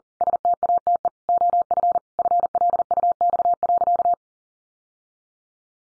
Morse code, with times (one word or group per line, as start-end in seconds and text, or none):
0.2-1.1 STATE
1.3-2.0 OF
2.2-4.1 FLUX.